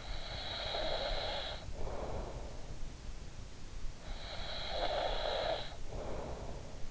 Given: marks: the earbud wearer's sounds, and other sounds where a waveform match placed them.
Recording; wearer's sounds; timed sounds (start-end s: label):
sounds in sleep by an in-ear microphone; snoring breath
0.00-2.73 s: snoring breath
4.11-6.72 s: snoring breath